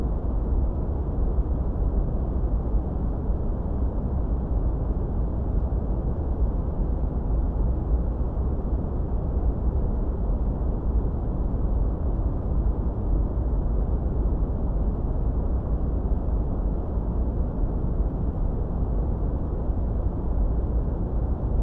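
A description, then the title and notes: White noise plays as a steady, unbroken rush that stays at the same level for the whole 22 seconds. It is dark and heavy, weighted toward a deep low rumble with muffled, dull upper tones, much like the drone inside a vehicle or aircraft cabin. Celestial White Noise.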